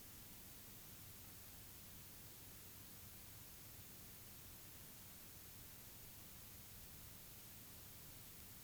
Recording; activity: daily activity, guitar pickup as the sensor; lie down